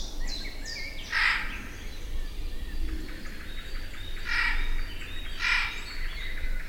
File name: Garrulus glandarius